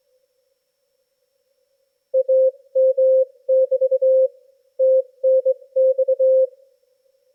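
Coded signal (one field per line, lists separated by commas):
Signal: Morse code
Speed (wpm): 22 wpm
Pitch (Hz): 530 Hz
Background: none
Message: AM<BT> TNX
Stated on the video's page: Reception on 20/15/10 m with a Yaesu FTdx10 and HyGain AV620 vertical through an RFI/EMI filter and common-mode choke for noise suppression.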